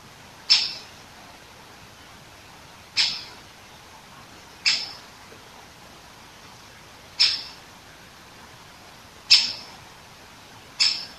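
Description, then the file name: Great Spotted Woodpecker giving sharp, abrupt single 'kick' calls, six notes at irregular intervals of roughly two seconds, over a quiet background. Recorded 21 September 2015 at about 19:10. "dzieciol duzy nikolay sariev. dendrocopos major), 2015-09-21 , 19 10"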